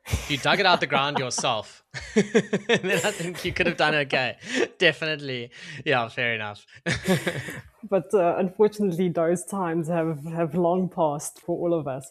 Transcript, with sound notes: If you dug it out of the ground yourself, then I think you could have done okay, definitely. Yeah, fair enough. [laughing]
But unfortunately, those times have long passed for all of us.